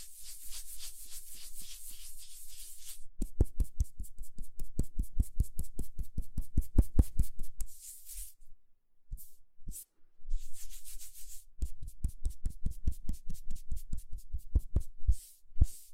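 Hands rub together in a steady, bright hiss for about three seconds, then give way to quick, regular soft pats with a low thump, several per second. After a brief pause with a few scattered bursts, the rubbing returns, followed by another run of rapid pats.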